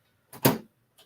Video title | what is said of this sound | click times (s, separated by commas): Compaq Portable - putting it all together | there we go clipped right into place | 0.4 s